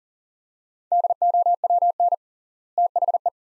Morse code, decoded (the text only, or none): DOWN THE